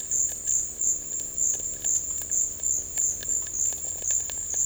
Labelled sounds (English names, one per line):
none